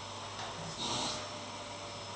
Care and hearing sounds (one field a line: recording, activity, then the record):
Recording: daily activity, microphone in the room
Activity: vacuum cleaning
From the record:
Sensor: 3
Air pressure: 1007.7 hPa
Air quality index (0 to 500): 49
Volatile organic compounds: 1 ppm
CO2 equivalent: 576 ppm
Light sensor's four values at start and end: 9/21/9/8 and 9/21/9/8